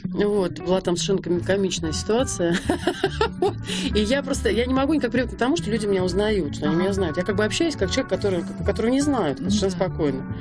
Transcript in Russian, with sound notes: Была там совершенно комичная ситуация, (смеется) и я просто, я не могу никак привыкнуть к тому, что люди меня узнают, что они меня знают. Я как бы общаюсь как человек, которого не знают, совершенно спокойно.